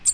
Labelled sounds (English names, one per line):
American Redstart flight call